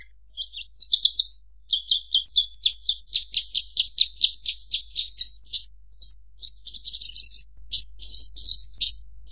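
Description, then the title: Horsfield's bush lark delivering rapid, evenly pulsed chirps building into a rattle, then a jumble of scratchy, varied phrases, over a soft steady low hum. Actively singing (gacor) bird on a master recording made for training other birds. "SUARA MASTERAN BURUNG BRANJANGAN GACOR"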